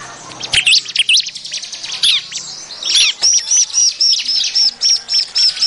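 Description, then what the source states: Bar-winged prinia calls: a burst of high, sharp chirps and twisting notes, then a steady series of clear whistled notes repeated several times a second. Noisy, busy calls used as a lure.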